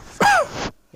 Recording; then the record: coughing mixed with background sound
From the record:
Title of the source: Heavy cold and sore throat coughing.